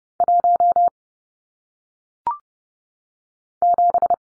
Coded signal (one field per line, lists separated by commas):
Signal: Morse code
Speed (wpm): 30 wpm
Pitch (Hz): 700 Hz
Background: none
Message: 1 7